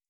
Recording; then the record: hydrophone in a shrimp aquaculture tank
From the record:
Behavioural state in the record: starved